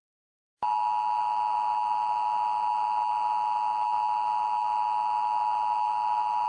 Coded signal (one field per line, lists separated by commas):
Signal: Emergency Alert System (SAME) tones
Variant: 853 and 960 Hz attention tone